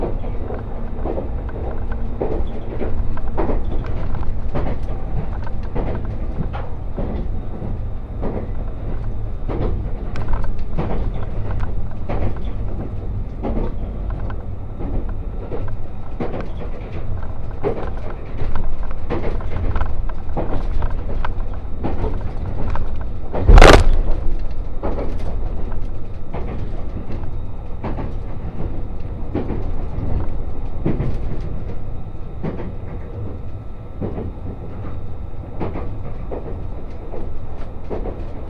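Inside the Resort Shirakami 4 train on the Gonō Line, a steady low rumble fills the whole recording, broken by frequent short clicks and knocks from the wheels and car body. One sharp, bright crack stands out near the 24-second mark.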